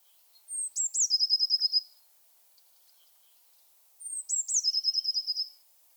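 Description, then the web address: Eurasian blue tit singing two phrases, each a high descending whistle or two followed by a fast rattling trill lasting about a second. "Aktivitetsbanken. Fuglelyder Blåmeis"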